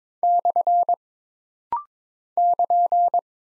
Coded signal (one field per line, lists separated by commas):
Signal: Morse code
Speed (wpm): 22 wpm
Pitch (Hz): 700 Hz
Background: none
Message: / <KN>